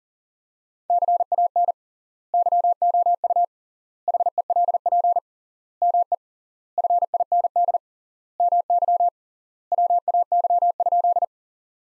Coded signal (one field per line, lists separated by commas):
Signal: Morse code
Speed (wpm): 40 wpm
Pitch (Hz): 700 Hz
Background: none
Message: CAN YOU HELP ME FIND MY WAY?